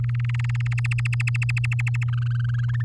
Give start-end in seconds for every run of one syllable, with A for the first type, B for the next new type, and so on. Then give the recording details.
0.04-0.74 A, 0.78-2.04 B, 2.08-2.82 C. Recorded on 9 May 2018 at 06:10. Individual llb16